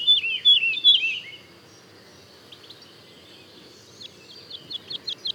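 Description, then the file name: Woodlark singing a loud, rippling phrase at the start, then falling quiet. Faint, rapid repeated notes return near the end. Daytime song and duet recorded at Le Puech, France. "alouette lulu chant de jour et duett Le Puech F"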